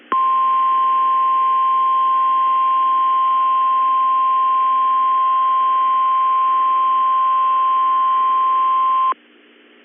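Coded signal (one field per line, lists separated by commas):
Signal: Emergency Alert System (SAME) tones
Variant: 1050 Hz attention tone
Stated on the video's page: NOAA Weather Radio Required Weekly Test from the Minneapolis–St. Paul transmitter.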